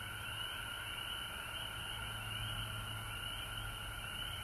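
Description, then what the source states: Frogs in chorus, a blend of high overlapping trills and peeps continuing steadily, with a low droning hum present. Frogs recorded at home in Georgia on March 19, 2020.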